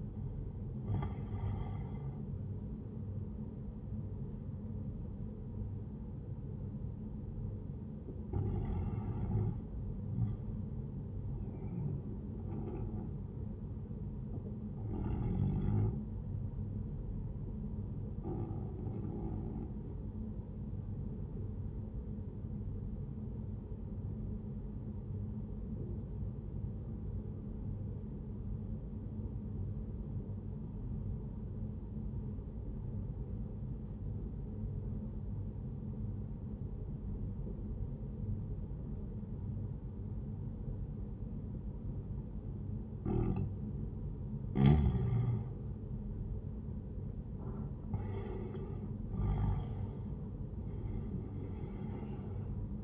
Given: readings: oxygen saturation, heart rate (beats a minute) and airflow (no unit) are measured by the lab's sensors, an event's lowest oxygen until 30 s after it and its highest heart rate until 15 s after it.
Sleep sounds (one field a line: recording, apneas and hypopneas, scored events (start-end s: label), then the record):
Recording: breathing in sleep by a smartphone at the bedside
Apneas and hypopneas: 1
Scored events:
22.00-44.30 s: obstructive apnea (N1, oxygen 95% highest, then 91% lowest, heart rate 69 at the start, 81 highest)
From the record:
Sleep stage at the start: N1 (lightest sleep)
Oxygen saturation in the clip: 91 to 95%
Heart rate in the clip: 66 to 84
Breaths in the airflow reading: 5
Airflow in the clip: -7.9 to 10.0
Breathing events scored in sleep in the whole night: 131 in 7.2 hours asleep